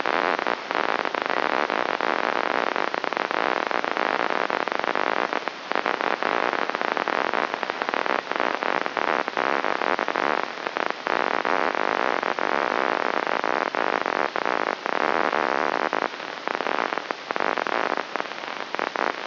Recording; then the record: brain microelectrode recording played as sound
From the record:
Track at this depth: outside the subthalamic nucleus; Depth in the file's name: -0.883 mm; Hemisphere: left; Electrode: 3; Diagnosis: Parkinson's disease